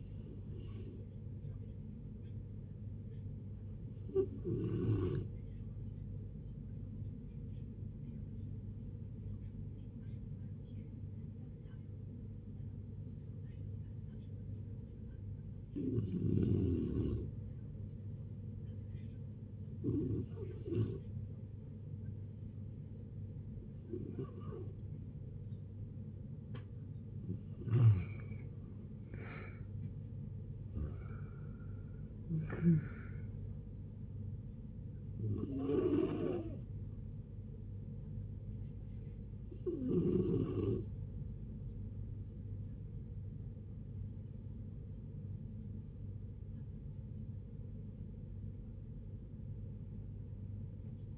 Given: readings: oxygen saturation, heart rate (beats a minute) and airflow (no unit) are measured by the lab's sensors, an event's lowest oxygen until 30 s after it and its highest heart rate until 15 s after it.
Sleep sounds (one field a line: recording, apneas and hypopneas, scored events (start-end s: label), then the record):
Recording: a person awake in a sleep study, by a smartphone at the bedside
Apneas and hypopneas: none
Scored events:
0.00-51.18 s: awake
0.00-51.18 s: awake
From the record:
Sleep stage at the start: awake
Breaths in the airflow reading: 24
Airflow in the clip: -0.7 to 0.7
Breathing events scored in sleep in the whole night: 496 in 5.4 hours asleep